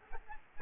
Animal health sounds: mosquito wingbeat signal from an infrared sensor; Aedes aegypti

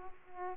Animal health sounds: mosquito wingbeat signal from an infrared sensor; Aedes aegypti

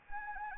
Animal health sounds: mosquito wingbeat signal from an infrared sensor; Anopheles arabiensis

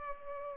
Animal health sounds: mosquito wingbeat signal from an infrared sensor; Culex pipiens

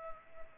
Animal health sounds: mosquito wingbeat signal from an infrared sensor; Culex pipiens

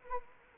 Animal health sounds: mosquito wingbeat signal from an infrared sensor; Anopheles arabiensis

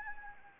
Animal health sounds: mosquito wingbeat signal from an infrared sensor; Anopheles arabiensis

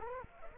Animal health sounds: mosquito wingbeat signal from an infrared sensor; Culex quinquefasciatus

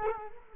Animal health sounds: mosquito wingbeat signal from an infrared sensor; Culex quinquefasciatus

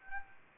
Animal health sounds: mosquito wingbeat signal from an infrared sensor; Anopheles arabiensis

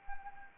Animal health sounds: mosquito wingbeat signal from an infrared sensor; Anopheles arabiensis

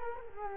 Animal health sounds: mosquito wingbeat signal from an infrared sensor; Culex quinquefasciatus

